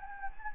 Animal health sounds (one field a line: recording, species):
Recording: mosquito wingbeat signal from an infrared sensor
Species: Anopheles gambiae